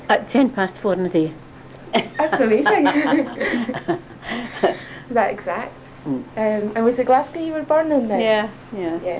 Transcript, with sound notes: At ten past four in the day. [laughs]
That's amazing. [laughs] That exact. And was it Glasgow you were born in then?
Yeah, yeah.